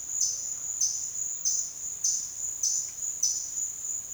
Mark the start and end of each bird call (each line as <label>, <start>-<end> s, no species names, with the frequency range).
bird call (3.2-7.2 kHz), 0.00-3.58 s